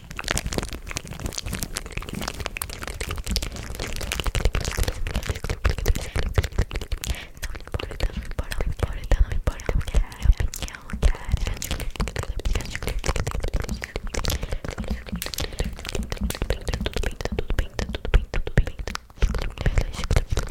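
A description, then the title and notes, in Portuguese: Many mouth sounds: a dense, nonstop stream of wet clicks, smacks and crackles running the full length without pause. The pops come quick and irregular, with a faint breathy hiss underneath. ASMR TE CONTANDO ALTAS FOFOCAS (inaudível com sons de boca). Nesse ASMR te conto várias fofocas em inaudível e muitos sons de boca, extremamente arrepiantes.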